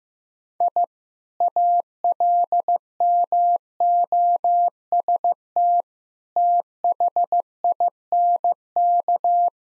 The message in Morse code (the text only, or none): I ALMOST THINK